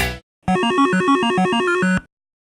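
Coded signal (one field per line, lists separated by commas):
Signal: none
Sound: music sting beeps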